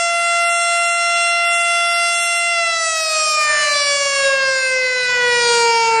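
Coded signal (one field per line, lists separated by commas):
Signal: siren signal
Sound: loud steady siren wail with rich harmonics, pitch gradually sliding downward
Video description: This is the Monday noon test of our local fire station's siren.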